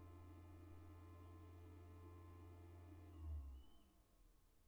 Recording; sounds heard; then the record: poultry house recording; no chicken sound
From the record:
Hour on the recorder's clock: 18